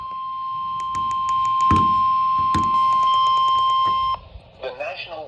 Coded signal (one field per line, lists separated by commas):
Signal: Emergency Alert System (SAME) tones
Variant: 1050 Hz attention tone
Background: speech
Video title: Severe Thunderstorm Warning On NOAA Radio EAS #609 8-16-2025